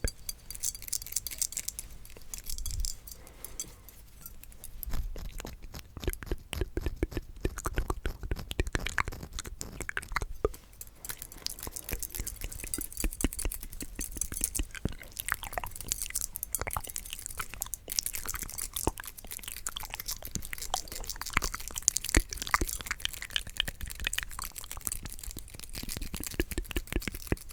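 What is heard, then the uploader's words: Tingly mouth sounds run throughout: dense, rapid clicks and wet smacks with crunchy, chewing-like bites, bright and crisp in the upper range. Activity stays fairly steady for the full 28 seconds, with slightly stronger bursts in the second half, and no clear speech. ASMR The MOST Tingly MOUTH Sounds.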